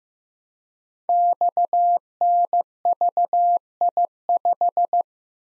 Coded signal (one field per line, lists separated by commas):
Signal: Morse code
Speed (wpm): 15 wpm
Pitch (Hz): 700 Hz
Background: none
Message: XNVI5